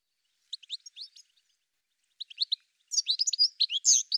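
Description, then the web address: Bird calls: a few short sharp chirp groups, then a louder rapid burst of high twittering notes toward the end. "cianscape birddata"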